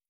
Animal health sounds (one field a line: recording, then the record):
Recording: hydrophone in a shrimp aquaculture tank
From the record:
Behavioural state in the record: feeding